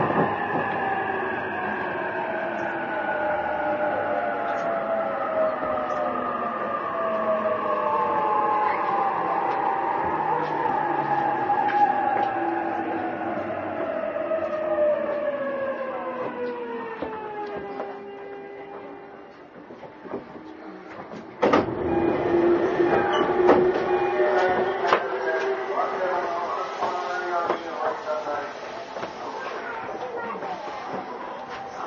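Riding a JR E233 series train toward Odawara: a droning motor whine slides steadily downward in pitch over the first twenty seconds as the train slows, then quiets. A sharp clunk near twenty-one seconds brings a louder, busier rumble with clattering and a low hum.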